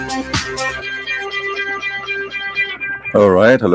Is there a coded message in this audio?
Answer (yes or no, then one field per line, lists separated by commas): no